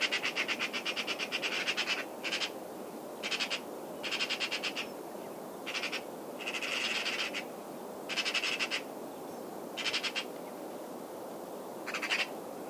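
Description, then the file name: Eurasian magpie giving harsh, rattling chatter calls in a series of bursts, some short and some longer, with brief pauses between. "Pica pica"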